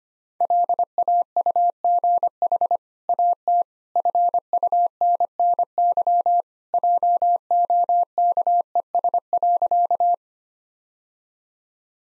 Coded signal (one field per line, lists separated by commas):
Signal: Morse code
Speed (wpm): 25 wpm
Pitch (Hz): 700 Hz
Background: none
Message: LAUGH AT FUNNY JOKES.